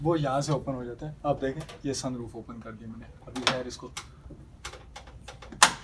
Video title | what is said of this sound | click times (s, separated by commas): KOMATSU Excavator Overview - First time in Pakistan | बंद कर देते हैं सनरूफ लॉक हो गया | 5.6 s